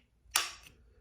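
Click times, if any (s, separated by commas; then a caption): 0.4 s. A Taccom charging handle for an S&W FPC rifle is pushed onto the upper receiver, and its latch rides over the nub. The latch gives one sharp, bright click at 0.4 s, followed by a short ringing tail and a fainter tick around 0.7 s. The charging handle latch is seated, clicked into place.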